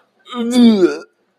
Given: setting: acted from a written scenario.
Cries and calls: vocal sound without words; disgust

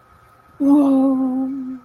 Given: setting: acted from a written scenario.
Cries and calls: vocal sound without words; ecstasy

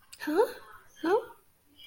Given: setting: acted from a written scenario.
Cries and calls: vocal sound without words; interest

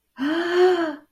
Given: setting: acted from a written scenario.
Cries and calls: vocal sound without words; triumph

